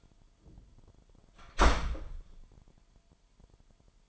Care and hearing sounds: daily activity, microphone in the room; close door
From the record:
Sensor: 5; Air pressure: 998.5 hPa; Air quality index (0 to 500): 82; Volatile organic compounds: 1 ppm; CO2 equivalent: 930 ppm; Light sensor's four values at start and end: 32/78/32/35 and 32/77/32/35

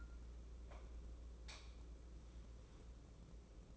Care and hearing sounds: daily activity, microphone in the room; light on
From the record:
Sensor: 1

